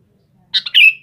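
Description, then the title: Sooty-headed bulbul giving one quick three-note phrase, bubbly and liquid, the last note longest and sliding slightly down. "Kutilang"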